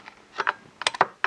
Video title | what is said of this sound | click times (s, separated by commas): BMW 330i 325i E46 CCV Replace & Intake Removal DIY (Part 2) - Put It Back Together! P0171 P0174 | it snaps in place | 1.2 s